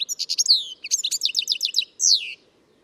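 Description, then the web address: Bird song of rapidly repeated bright notes in two runs, each ending in a descending slurred whistle. "Deverinetal 2025 File origin Bird Only"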